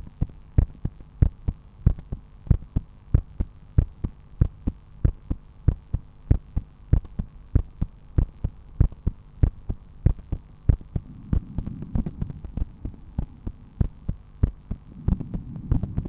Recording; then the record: heart sounds by stethoscope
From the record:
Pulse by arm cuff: 96 bpm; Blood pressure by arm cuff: 119/82 mmHg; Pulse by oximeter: 95 bpm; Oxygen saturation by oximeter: 97%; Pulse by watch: 96 bpm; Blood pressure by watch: 132/86 mmHg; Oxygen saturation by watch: 96%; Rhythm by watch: sinus rhythm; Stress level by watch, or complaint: low stress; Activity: after 10 min smoking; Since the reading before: plus 6000 steps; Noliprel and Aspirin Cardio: after pills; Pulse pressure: 37 mmHg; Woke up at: 7:30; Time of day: 19:43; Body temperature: 36.5 C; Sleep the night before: 8 h 32 min, score 78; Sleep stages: REM 32%, light 50%, deep 12%, awake 6%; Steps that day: 9500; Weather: sunny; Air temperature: 22.6 C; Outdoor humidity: 65%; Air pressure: 1013 hPa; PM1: 8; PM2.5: 13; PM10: 19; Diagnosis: hypertension, treated with Noliprel and Aspirin Cardio 100 mg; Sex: male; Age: 53 years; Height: 174 cm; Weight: 81 kg